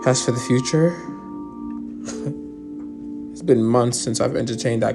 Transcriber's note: huffs